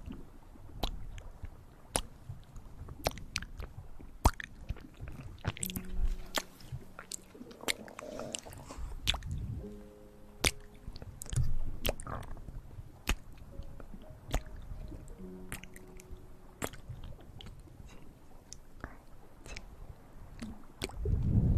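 Intense mouth sounds: wet clicks, smacks and squishy chewing noises pop out in quick, irregular bursts throughout. A few short, low hummed tones appear around 6, 10 and 15 seconds. A soft, steady hiss sits underneath the whole time.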